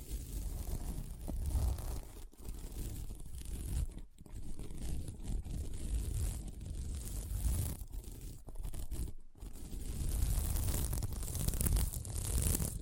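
Scratching on a sequin mermaid pillow, a dense, rough rasping that runs almost without pause for the whole clip. The strokes swell and fade irregularly, with brief silent breaks near 2, 4, 8 and 9 seconds, and a gritty, crinkly edge throughout.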